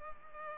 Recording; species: mosquito wingbeat signal from an infrared sensor; Culex pipiens